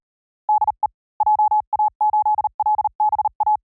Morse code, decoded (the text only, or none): DE JA8LBA